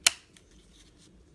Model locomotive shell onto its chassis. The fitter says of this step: That should just snap into place.